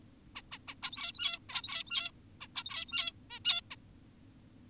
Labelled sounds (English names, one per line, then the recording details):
Zebra Finch
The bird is an adult
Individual g17y2U